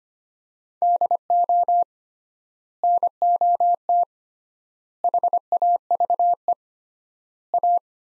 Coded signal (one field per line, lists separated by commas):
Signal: Morse code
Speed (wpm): 25 wpm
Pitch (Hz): 700 Hz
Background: none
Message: DO NOT HAVE A